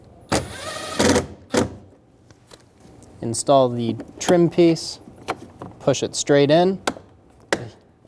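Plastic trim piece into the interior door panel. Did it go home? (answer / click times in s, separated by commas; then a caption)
yes / 7.5 s. A plastic trim piece near the door handle of a 2011–2014 Hyundai Sonata is pushed straight into the interior door panel while someone talks. Its clip snaps home with a sharp click at 7.5 s, and the trim piece is seated.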